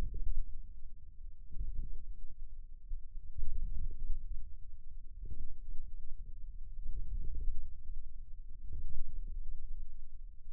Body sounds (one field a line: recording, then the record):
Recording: forearm muscle sounds (acoustic myography)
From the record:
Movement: outward rotation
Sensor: system 2, bracelet of six BSWA MPA416 microphones around the upper forearm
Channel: 1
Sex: male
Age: 22 years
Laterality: right